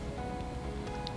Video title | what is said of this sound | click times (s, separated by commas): In the Garage with Total Truck Centers Fastway FLASHâ„¢ Ball Mounts | that's locked into place just that simple with the turn of the key | 1.1 s